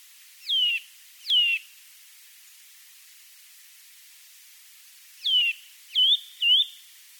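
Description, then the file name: Eurasian bullfinch calling with short, clear whistles: two notes, a pause of several seconds, then three more notes. "Bouvreuil pivoine"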